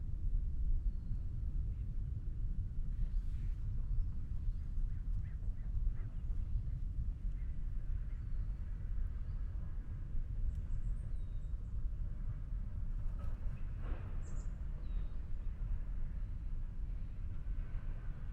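An outdoor scene at Tilden Regional Park in Orinda, California, dominated by a steady low rumble like wind or distant traffic. Faint bird calls chirp occasionally above it, with brief brighter chirps around the eleven and fourteen second marks.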